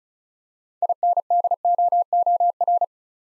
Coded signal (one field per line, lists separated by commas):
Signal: Morse code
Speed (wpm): 36 wpm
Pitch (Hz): 700 Hz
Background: none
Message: INDOOR